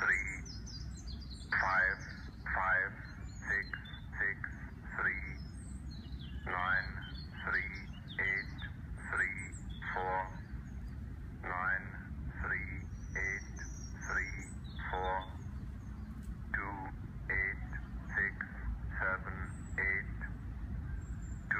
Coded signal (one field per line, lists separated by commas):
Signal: numbers station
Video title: Numbers station on 15615 kHz